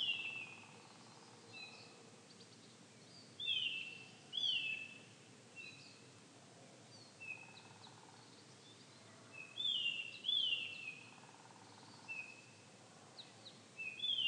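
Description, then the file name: Eurasian bullfinch calls: clear whistled notes that drop slightly in pitch, coming singly or in pairs every second or two against quiet background noise. "Pyrrhula pyrrhula"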